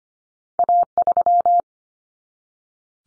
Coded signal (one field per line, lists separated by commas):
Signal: Morse code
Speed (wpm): 25 wpm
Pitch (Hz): 700 Hz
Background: none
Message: A3